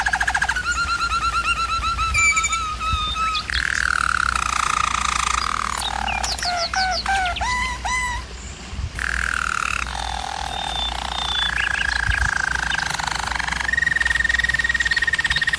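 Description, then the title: German Roller canary song with rolling trills, a run of sharp rising notes, gurgling rolls, and long sustained whistled tours, over a faint low hum. German Roller canary singing, for canary training. "German Roller Canary Singing - Canary Training Vid"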